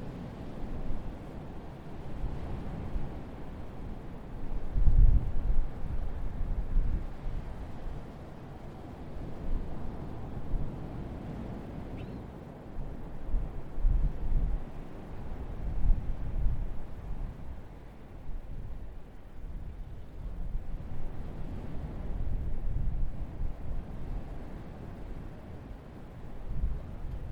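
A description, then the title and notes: At Asbury Park Beach, a steady low rumble rises and falls in slow swells, with gusty wind buffeting and a stronger surge near five seconds. Asbury Park Beach.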